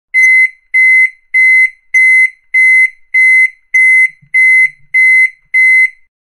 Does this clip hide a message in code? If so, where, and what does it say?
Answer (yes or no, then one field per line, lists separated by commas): no